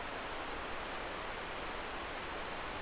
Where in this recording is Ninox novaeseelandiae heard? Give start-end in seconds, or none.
none